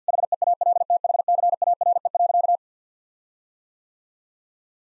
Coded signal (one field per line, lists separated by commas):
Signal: Morse code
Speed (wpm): 50 wpm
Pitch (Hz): 700 Hz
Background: none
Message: HEALTHCARE.